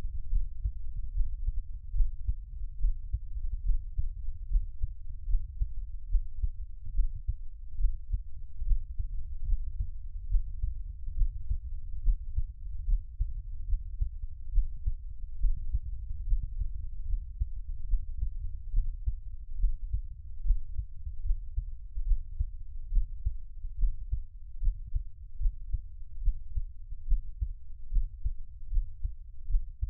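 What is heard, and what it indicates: Soft, muffled low thumps repeat steadily at about 71 beats a minute, with a faint low hum underneath and no talking. This is an adult's own heartbeat heard close up for Taiwanese ASMR listening, best heard with headphones.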